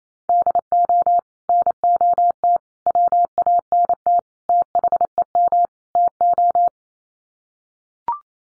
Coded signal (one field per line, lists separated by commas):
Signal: Morse code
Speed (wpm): 28 wpm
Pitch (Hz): 700 Hz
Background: none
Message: DO NOT WANT THEM TO